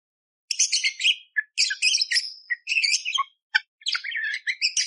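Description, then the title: Budgerigar chattering in long, dense bursts of shrill, scratchy high notes, separated by short gaps, with one sharp click before the last burst. Pet-bird tutor recording (masteran) of budgerigar song: loud, clear and energetic, with harsh rapid fill-in phrases (isian tembakan kasar), meant for training magpie-robins (kacer). "Masteran Burung Parkit Gacor Jernih Durasi Panjang 1 Jam Full Isian Tembakan Kasar Cocok Buat Kacer"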